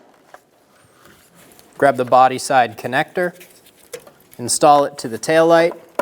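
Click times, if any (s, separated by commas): none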